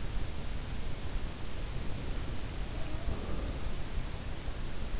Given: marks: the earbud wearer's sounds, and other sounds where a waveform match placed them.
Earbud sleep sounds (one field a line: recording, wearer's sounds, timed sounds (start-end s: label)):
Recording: sounds in sleep by an in-ear microphone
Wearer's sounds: breath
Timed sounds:
1.57-4.15 s: breath
2.56-3.59 s: sound from someone else or the room